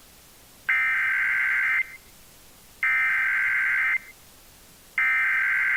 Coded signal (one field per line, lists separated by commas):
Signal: Emergency Alert System (SAME) tones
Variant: header bursts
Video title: EAS #1672 - Tornado Watch #483 Second Relay for Irma on WGCU FM 9-10-2017